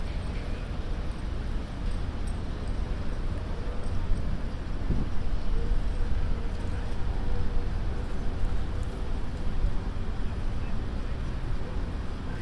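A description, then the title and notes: Steady low city rumble from a bench on a Broadway median, with passing traffic, faint voices and occasional brief clatters throughout. A binaural field recording sitting on a bench on the medium of broadway at 108th.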